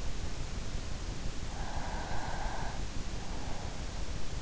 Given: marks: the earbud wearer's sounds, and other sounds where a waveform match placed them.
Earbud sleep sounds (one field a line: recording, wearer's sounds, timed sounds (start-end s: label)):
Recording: sounds in sleep by an in-ear microphone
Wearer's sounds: breath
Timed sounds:
1.53-3.19 s: breath